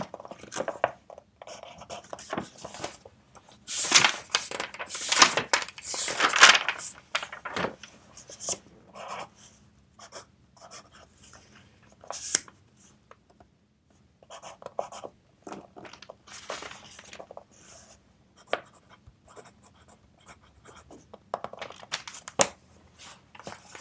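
A pencil scratches across paper in short bursts, with a dense run of rapid strokes between about four and seven seconds, then sparser, irregular scribbles and taps. A faint, steady low hum sits underneath throughout, and quiet pauses separate the writing.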